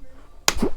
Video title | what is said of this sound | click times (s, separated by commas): ❤️BMW GS. ⚙️🔧SERVICE: 227.800 KM. Non sarà il MIGLIORE ma PER IL MIO UTILIZZO E' L'IDEALE🔥 | Ok once it's loosened you heard it click | 0.5 s